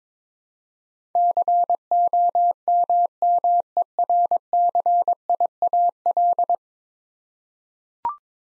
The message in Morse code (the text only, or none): COMMERCIAL